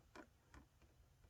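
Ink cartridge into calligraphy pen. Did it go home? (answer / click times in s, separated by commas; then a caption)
no / none. An ink cartridge is pushed into a plastic calligraphy pen barrel, making a few soft handling taps around 0.2, 0.55, 0.8 and 1.2 seconds over a low background hum. Nothing has clicked yet, so the cartridge is not yet punctured.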